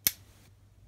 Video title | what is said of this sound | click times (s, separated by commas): TM4 SC-CS Commando Schubschaft Gen. II für HK416 **NEU** | so weit wie es geht dann merkt ihr schon und dann wenn nichts mehr geht zurück bis es einrastet mit | 0.1 s